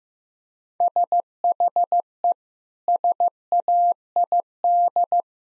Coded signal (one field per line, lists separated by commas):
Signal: Morse code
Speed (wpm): 16 wpm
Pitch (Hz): 700 Hz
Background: none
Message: SHE SAID